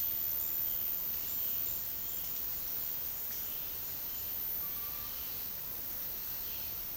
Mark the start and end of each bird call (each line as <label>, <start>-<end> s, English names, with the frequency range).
Violaceous Jay (1.7-4.3 kHz), 0.00-2.59 s